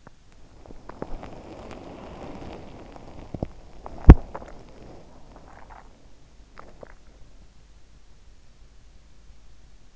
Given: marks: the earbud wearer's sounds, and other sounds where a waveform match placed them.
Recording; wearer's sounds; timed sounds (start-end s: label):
sounds in sleep by an in-ear microphone; body movement
0.00-4.55 s: body movement